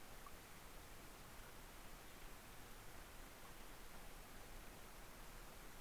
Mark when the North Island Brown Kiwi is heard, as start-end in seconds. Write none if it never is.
none